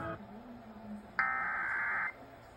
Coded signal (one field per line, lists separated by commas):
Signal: Emergency Alert System (SAME) tones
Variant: header bursts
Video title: WBAP/KQDR EAS Amber Alert with EDIS siren tone. Wilmer, Texas 11/14/23